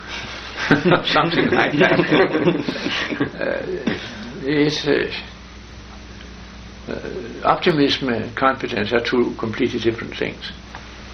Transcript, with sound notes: Something like that. [laughter] Optimism and confidence are two completely different things.